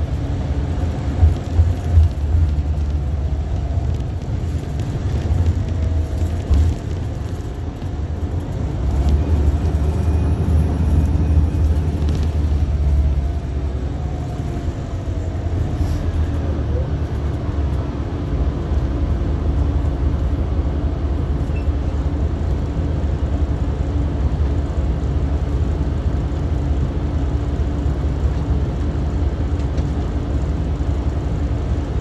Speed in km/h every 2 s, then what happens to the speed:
72, 63, 56, 55, 56, 52, 42, 32, 15, 3, 0, 0, 0, 0, 0, 0.
0-3 brakes to 56. 3-9 steady at about 56. 9-20 brakes to 0. 20-32 standing.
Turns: none.